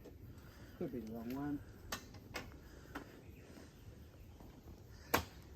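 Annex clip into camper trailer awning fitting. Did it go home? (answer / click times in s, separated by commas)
yes / 5.1 s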